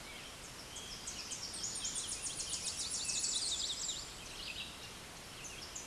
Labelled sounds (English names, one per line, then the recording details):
Tennessee Warbler song
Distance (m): 30 m
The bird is about 25 m above the microphone
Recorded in a Pennsylvania forest on 16 May 2024 at 07:16
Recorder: AudioMoth, point MSD-1368
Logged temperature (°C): 12.5 °C
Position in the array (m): 20 m, 44 m